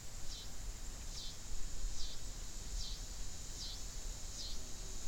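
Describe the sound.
Coastal scissor grinder cicada song: a steady, shrill high-pitched buzz that dips in a regular rhythm roughly once per second, over low rumbling background noise.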